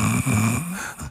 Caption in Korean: 이건 진짜 코골이 소리입니다. 제가 이게 그 코골이의 시스템으로 소리를 낸 거거든요. 진짜는 내쉴 때. 수면 무호흡 개인기.